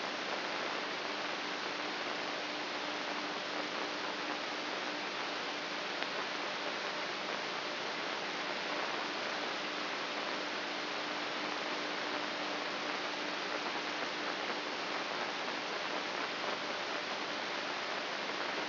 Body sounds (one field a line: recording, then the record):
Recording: brain microelectrode recording played as sound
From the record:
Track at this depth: inside the subthalamic nucleus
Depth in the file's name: 5.283 mm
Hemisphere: left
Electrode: 3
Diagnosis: Parkinson's disease